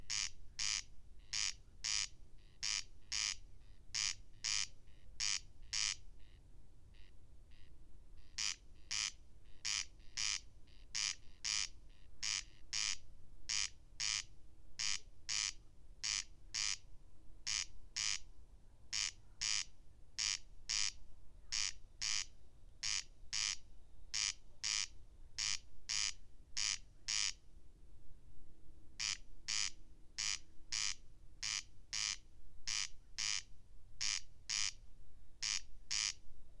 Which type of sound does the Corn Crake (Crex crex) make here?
song